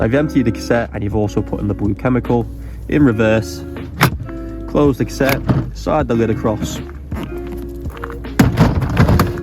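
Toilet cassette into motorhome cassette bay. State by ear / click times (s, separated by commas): seated / 8.4 s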